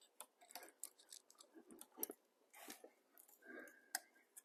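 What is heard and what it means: At the back of the M278 engine in a 2012 Mercedes S550 W221, an electrical connector is being pushed onto an ignition coil. Light plastic handling ticks and rustles are heard, with sharper taps near 2.0 and 3.9 seconds. The connector has not snapped into place yet, and nothing has seated or clicked.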